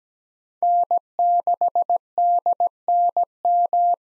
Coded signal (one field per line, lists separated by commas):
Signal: Morse code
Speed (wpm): 17 wpm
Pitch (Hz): 700 Hz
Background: none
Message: N6DNM